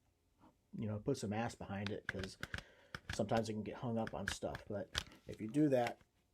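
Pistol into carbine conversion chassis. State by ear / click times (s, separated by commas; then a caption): not seated / none. A Glock 21 pistol is being pushed down and forward, with some force because it can get hung up, into an MCK carbine conversion chassis while someone talks. Light handling clicks and taps sit under the speech. Nothing has seated or clicked into place yet.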